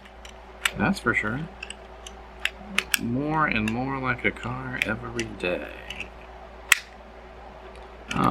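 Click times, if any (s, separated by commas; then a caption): 6.7 s. A plastic part on an Autobot Silverstreak Transformers figure (Buzzworthy Bumblebee Series) is pushed during its transformation into car mode, with small handling clicks throughout while someone talks. At 6.7 s it gives one sharp, loud click as it snaps into its locked position, seated.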